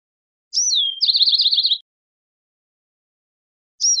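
Bewick's wren singing one phrase, a high slurred note dropping in pitch, then a rapid rattling trill, with the start of the next phrase at the end.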